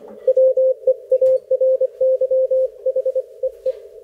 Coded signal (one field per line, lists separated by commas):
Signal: Morse code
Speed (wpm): 25 wpm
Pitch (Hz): 520 Hz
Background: none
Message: WEARY HEE